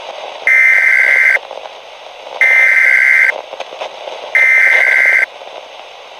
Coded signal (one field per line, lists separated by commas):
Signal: Emergency Alert System (SAME) tones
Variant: header bursts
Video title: The Gloomo Hotel Disaster | An EAS Scenario